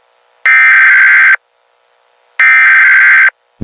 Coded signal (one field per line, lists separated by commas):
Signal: Emergency Alert System (SAME) tones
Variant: header bursts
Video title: a teaser for an upcoming plush video of mine. #scary #creepy #eas #teaser #emergencyalertsystem